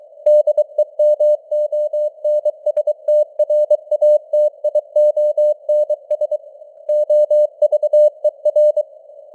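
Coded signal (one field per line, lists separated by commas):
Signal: Morse code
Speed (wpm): 23 wpm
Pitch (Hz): 600 Hz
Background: none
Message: DEMONSTRATIONS OVER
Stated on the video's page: Morse code news headlines at 23 wpm with simulated radio noise and varying signal strength (QSB).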